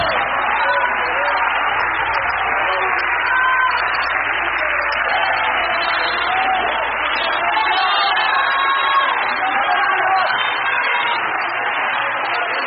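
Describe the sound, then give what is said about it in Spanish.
A church audience, on its feet, applauds and cheers for the Lord Jesus Christ in one loud, unbroken roar, clapping blended with shouts and whoops that holds steady from start to finish. “Ponte en tus pies y dele un aplauso al Señor Jesucristo, por favor.”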